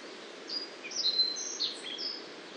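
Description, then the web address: Black-faced bunting giving a quick run of high, thin chirps and one sharp whistled note, against a constant low hiss. Siberian form of black-faced bunting, recorded in the Amur region on 2 June 2008. "shiryo koe shiberiaaoji 080602 amur hanada"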